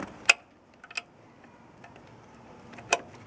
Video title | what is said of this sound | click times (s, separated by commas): Serpentine belt replacement using a breaker bar - Ford Duratec V6 | there you go it's in now you can hear it snap in takes a little bit of practice | 0.3 s